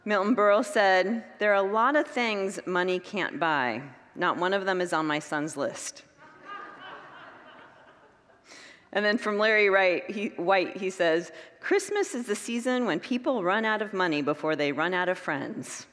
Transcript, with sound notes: Milton Berle said, “There are a lot of things money can’t buy. Not one of them is on my son’s list.” [Congregants laugh] And then from Larry Wright. He says, “Christmas is the season when people run out of money before they run out of friends.”